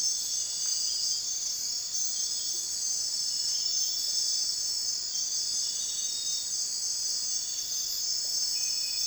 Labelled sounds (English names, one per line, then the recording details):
none
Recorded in dense forest near Puerto Asís, Putumayo, Colombia, on 21 December 2024 at 02:30
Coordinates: 0.467, -76.328
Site GP05